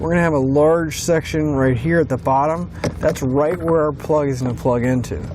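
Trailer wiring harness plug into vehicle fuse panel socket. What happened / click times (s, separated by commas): Handling only, no connector has seated yet / none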